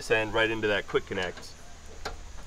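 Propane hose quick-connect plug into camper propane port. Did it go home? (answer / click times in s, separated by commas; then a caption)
yes / 2.1 s. Someone talks as the hose end of a propane adapter is pushed into a camper's low-pressure quick-connect propane fitting. A single short click sounds at 2.1 s, and the quick connect is seated and coupled in.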